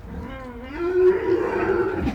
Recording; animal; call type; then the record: contact call of a hoofed animal; wild boar; grunt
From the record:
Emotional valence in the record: negative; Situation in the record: naturally occurring agonistic interactions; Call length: 2.2 s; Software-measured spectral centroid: 1280 Hz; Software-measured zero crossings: 1110 a second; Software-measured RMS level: -22 dBFS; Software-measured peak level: -10 dBFS